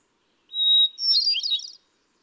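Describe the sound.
Hermit thrush song: one pure, steady whistled note, then a quick, higher fluttering phrase of tumbling flute-like notes. No other sounds.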